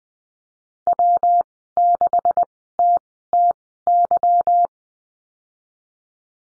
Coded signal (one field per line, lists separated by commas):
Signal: Morse code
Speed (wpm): 20 wpm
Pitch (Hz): 700 Hz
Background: none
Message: W6TTY